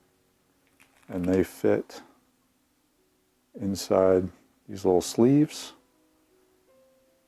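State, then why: Not seated. A magnetic 3D-printed adapter piece is handled near its small sleeves on the PoleMaster polar scope camera mount adapter while someone talks. Faint handling noises sit between the speech, including a small tick at 0.8 s. Nothing has seated or snapped into place yet.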